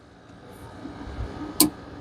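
A plastic wiring connector is pushed onto the bottom headlamp bulb of a 2016 Dodge Journey. After a low, rising rustle of handling, one sharp, bright click sounds at 1.6 s as the connector locks onto the bulb and is seated.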